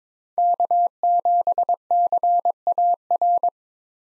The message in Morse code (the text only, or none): K7CAR